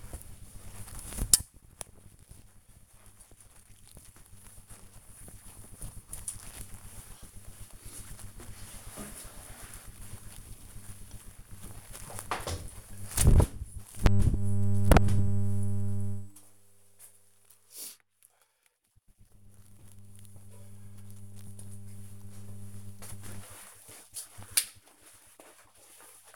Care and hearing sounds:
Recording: household activities, microphone on the right wrist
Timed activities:
0.00-22.05 s: hanging up laundry

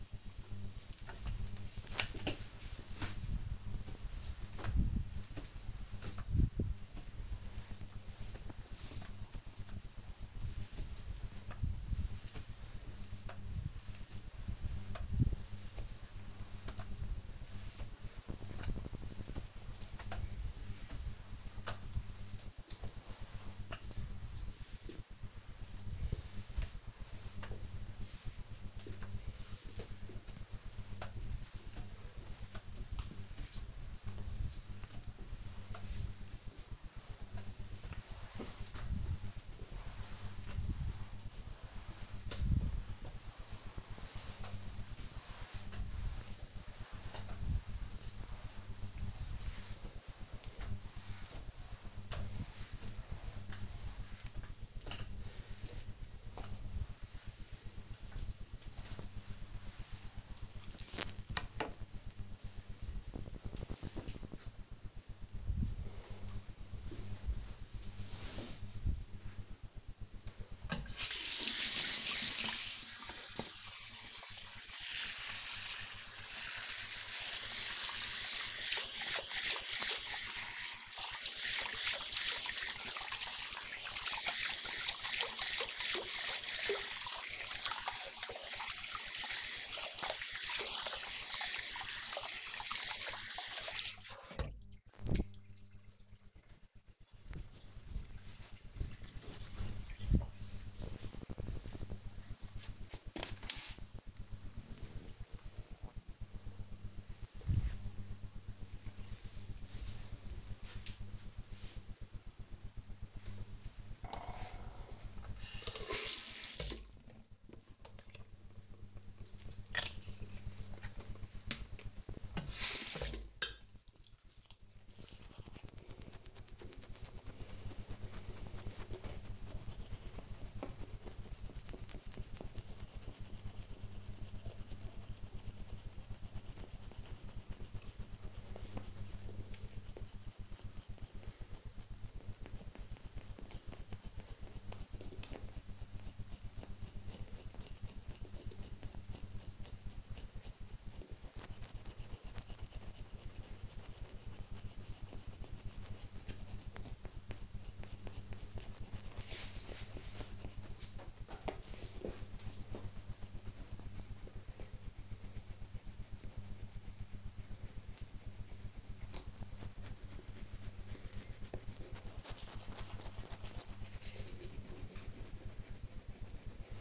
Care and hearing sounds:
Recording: household activities, microphone on the right wrist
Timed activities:
0.16-60.66 s: floor cleaning
69.74-94.91 s: washing hands
113.02-176.81 s: brushing teeth

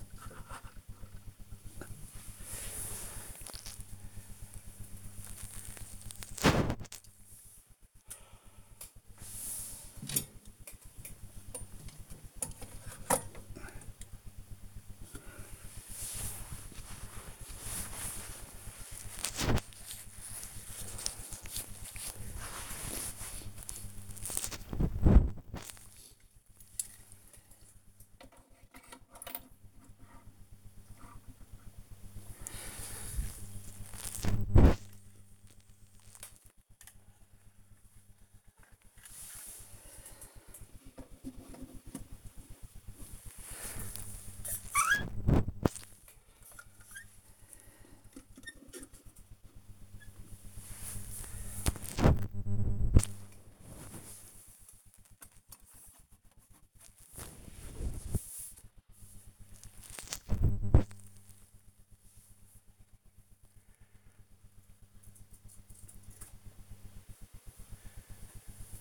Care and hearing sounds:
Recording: household activities, microphone on the right wrist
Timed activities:
0.00-63.25 s: dusting model cars
67.27-68.81 s: dusting model cars

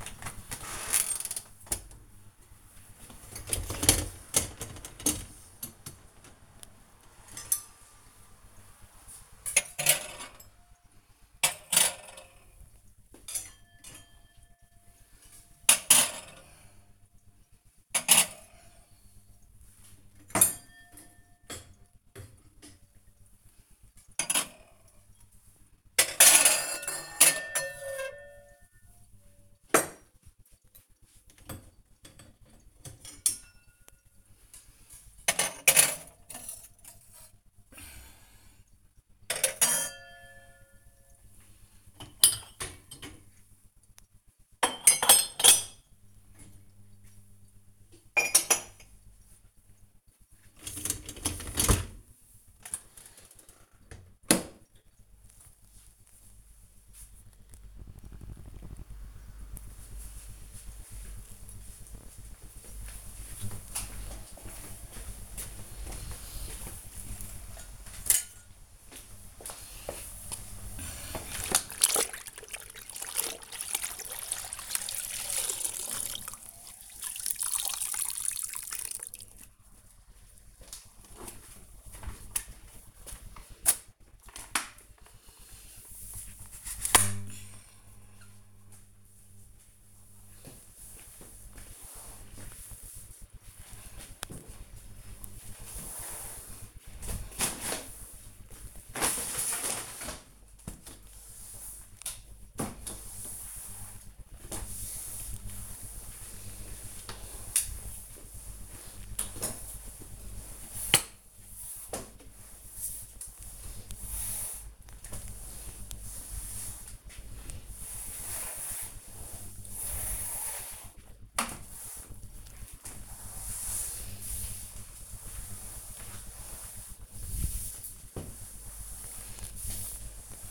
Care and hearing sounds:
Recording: household activities, microphone on the right wrist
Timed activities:
0.00-53.70 s: cleaning out the dishwasher
69.82-130.51 s: floor cleaning

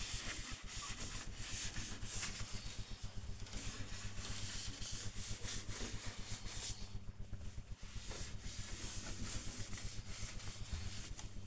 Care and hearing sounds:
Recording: household activities, microphone on the right wrist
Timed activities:
0.00-11.47 s: window cleaning

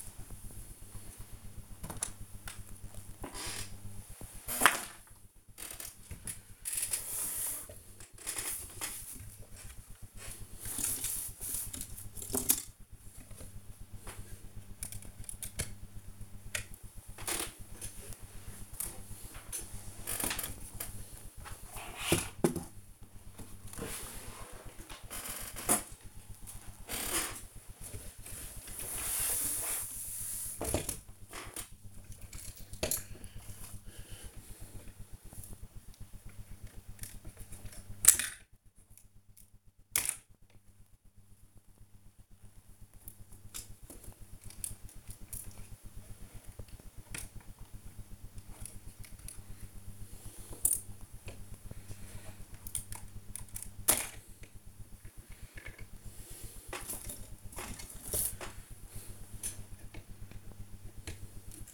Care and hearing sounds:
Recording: household activities, microphone on the right wrist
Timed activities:
0.00-61.74 s: build with lego

